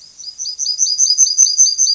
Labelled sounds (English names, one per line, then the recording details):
Yellowhammer song
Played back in grassland
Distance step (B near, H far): B
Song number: 056